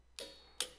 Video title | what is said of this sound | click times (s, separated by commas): TCMT Handlebar Riser Install on 2018 Goldwing | so here it clicks so i usually do like two clicks i move on to the other one | 0.2 s, 0.6 s